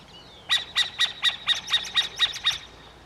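Burrowing owl uttering a quick series of several evenly spaced, rasping, squawky notes over a quiet background.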